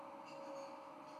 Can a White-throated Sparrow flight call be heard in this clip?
no